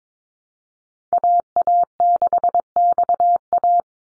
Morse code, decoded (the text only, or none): AA6XA